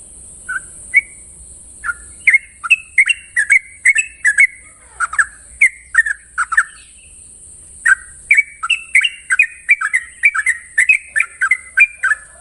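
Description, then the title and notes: Yellow-vented Bulbul singing, sparse notes at first, then dense bursts of bubbly whistles, with a short gap midway and a faint low rumble plus steady high whine. Long rapid trill song style (ropel panjang). "Trucukan Ropel Panjang. Kicau Burung Trucukan"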